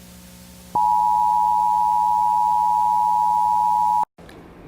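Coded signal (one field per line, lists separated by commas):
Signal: Emergency Alert System (SAME) tones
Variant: 853 and 960 Hz attention tone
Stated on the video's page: Fictional EAS scenario alert tones.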